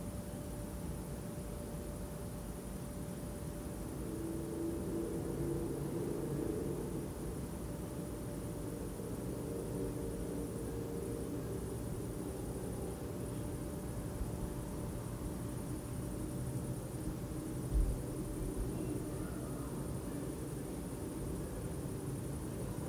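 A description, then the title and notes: Urban noise drifts in around a rear window as a steady low rumble of traffic and machinery. A faint constant whine and a high thin tone sit above it, with a brief swell near five seconds and a short knock around eighteen seconds. Some urban noise around my rear window.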